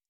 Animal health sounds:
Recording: hydrophone in a shrimp aquaculture tank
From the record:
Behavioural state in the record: stressed

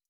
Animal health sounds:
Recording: hydrophone in a shrimp aquaculture tank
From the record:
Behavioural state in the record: stressed

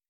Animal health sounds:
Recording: hydrophone in a shrimp aquaculture tank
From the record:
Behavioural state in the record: stressed

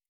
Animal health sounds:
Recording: hydrophone in a shrimp aquaculture tank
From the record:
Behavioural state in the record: normal

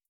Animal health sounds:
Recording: hydrophone in a shrimp aquaculture tank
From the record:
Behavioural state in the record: starved

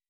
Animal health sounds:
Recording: hydrophone in a shrimp aquaculture tank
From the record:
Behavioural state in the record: weakened

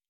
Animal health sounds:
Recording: hydrophone in a shrimp aquaculture tank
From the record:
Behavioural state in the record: normal

